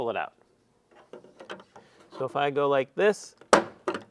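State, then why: Released. Someone talks while flexing and pulling the pivoting front carry handle of a plastic Systainer3 tool case. A sharp pop at 3.5 s is its pivot pin coming out of the socket, and the handle comes free of the case body.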